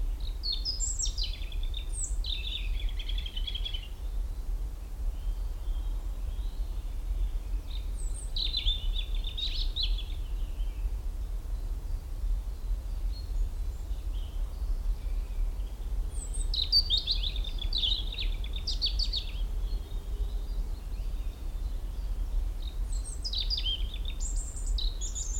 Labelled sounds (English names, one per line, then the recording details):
European Robin
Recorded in the wild
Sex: male
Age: adult
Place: Blankenfelde, Tegeler Fließ, Berlin, DE
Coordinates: 52.64, 13.39
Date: 1994-04-23 12:04
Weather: heiter 16-19°C
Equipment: Marantz CP 430, Sennheiser ME 80, Kopie Uher Variocord 263
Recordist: Tembrock, Günter
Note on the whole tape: Schutzgebiet Schildow: Gesang (fast pausenlos - aber strophig), längere Stücke, sehr gut, bis 12.15 Uhr